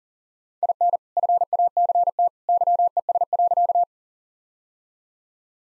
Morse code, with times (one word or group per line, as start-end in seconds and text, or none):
0.6-1.0 IN
1.2-2.3 FACT
2.5-3.8 YES.